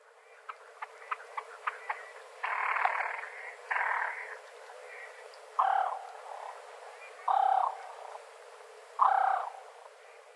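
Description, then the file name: Great crested grebe: a few short ticking notes, then several harsh calls of about half a second each, repeated every second or two. Recorded in Aomori, Japan, on 12 April 2013. "kanmurikaitsburi 130412 aomori kuroda"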